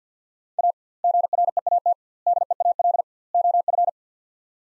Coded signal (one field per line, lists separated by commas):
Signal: Morse code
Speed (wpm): 50 wpm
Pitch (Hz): 700 Hz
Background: none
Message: A GREAT DEAL OF